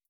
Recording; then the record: hydrophone in a shrimp aquaculture tank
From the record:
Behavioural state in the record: starved